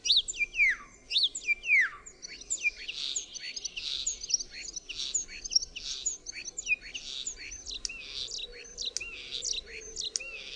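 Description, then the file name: Common starling in varied chatter, mixing falling whistles, clicks and rasping notes in an uneven stream, with steady low background noise. "SZPAK"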